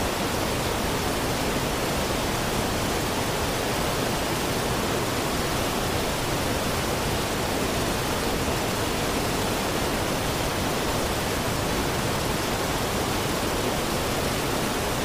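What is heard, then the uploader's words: A forest waterfall roars in a dense, unbroken rush of falling water, steady from start to finish with no pauses or changes in level. The sound is full and close, with a deep low rumble under a bright, hissing spray. Chill Out by Forest Waterfall.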